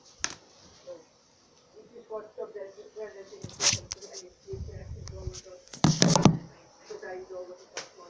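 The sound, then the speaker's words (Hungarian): A key scrapes and clicks in a door lock in a few sharp bursts, with a louder rattling clatter near the end and faint voices murmuring in the background. “De a kúcsba. Uh-huh. Az ajtó kúcsa.”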